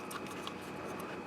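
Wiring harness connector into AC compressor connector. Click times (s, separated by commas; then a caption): 0.5 s. On a 2002 Toyota Avalon, the wiring harness connector is pushed back together by hand into the AC compressor connector, plastic housing into plastic socket, before the second line goes in because it is easier to do then. A short snap is heard at 0.5 s over a steady background hiss. The connector seats, locked in and nice and tight.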